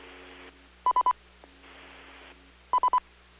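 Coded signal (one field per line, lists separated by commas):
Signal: none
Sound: repeater courtesy beeps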